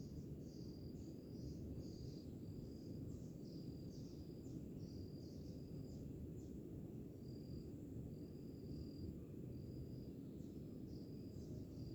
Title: Pássaros, grilos e oceano para relaxar - Birds, crickets and ocean to relax